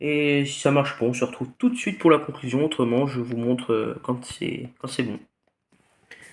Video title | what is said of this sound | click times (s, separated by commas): MAZDA/PHILIPS ESTORIL G Partie 1/2 (Neuve) | voilà donc j'ai pas réussi à la fermer plus à l'intérieur le | none